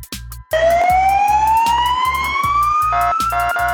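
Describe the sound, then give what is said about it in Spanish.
A police siren approaches, its loud wail sweeping steadily upward in pitch over a few seconds, with a low, regular thumping pulse running underneath. No one speaks. “¡No jodas! ¡Ya llegó la tira! ¡Ahí vienen!”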